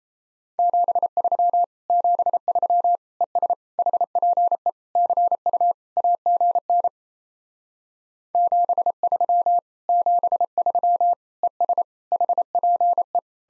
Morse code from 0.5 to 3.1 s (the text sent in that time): 73 73